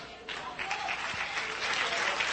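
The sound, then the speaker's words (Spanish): An audience at an evangelical preacher's meeting applauds the Lord steadily, a dense wash of clapping that starts quietly and swells into loud, sustained applause with no voices standing out. “Un fuerte aplauso, Señor.”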